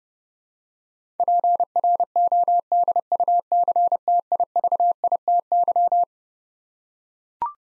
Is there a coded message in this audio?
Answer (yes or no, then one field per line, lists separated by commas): yes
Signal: Morse code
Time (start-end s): 1.2-6.0 s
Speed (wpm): 32 wpm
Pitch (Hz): 700 Hz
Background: none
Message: PRODUCTIVITY